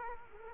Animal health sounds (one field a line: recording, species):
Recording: mosquito wingbeat signal from an infrared sensor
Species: Culex quinquefasciatus